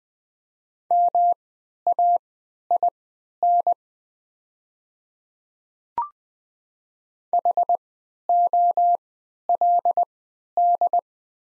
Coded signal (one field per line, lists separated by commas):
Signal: Morse code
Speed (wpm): 20 wpm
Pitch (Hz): 700 Hz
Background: none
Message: MAIN HOLD